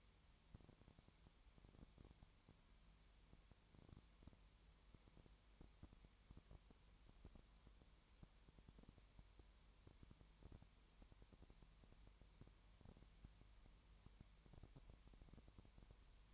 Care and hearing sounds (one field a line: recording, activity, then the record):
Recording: daily activity, microphone in the room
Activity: no activity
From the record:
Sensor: 3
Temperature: 20.5 degrees Celsius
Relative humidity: 32.9%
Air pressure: 1003.2 hPa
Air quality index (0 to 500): 105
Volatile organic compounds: 2 ppm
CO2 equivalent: 1070 ppm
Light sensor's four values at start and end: 2/3/2/2 and 2/3/2/2